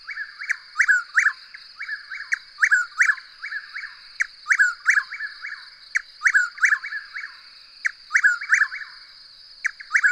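Bird giving quick clusters of chirpy notes in repeated bursts, with a steady high whine running throughout.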